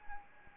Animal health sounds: mosquito wingbeat signal from an infrared sensor; Anopheles arabiensis

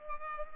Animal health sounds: mosquito wingbeat signal from an infrared sensor; Culex pipiens

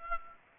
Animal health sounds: mosquito wingbeat signal from an infrared sensor; Aedes aegypti

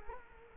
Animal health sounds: mosquito wingbeat signal from an infrared sensor; Culex quinquefasciatus

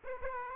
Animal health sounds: mosquito wingbeat signal from an infrared sensor; Aedes aegypti

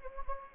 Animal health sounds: mosquito wingbeat signal from an infrared sensor; Anopheles gambiae

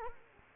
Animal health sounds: mosquito wingbeat signal from an infrared sensor; Culex quinquefasciatus

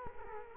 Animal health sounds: mosquito wingbeat signal from an infrared sensor; Culex quinquefasciatus

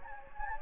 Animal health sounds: mosquito wingbeat signal from an infrared sensor; Anopheles gambiae

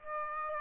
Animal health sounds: mosquito wingbeat signal from an infrared sensor; Aedes aegypti

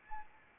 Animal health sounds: mosquito wingbeat signal from an infrared sensor; Anopheles arabiensis

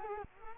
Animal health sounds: mosquito wingbeat signal from an infrared sensor; Culex quinquefasciatus

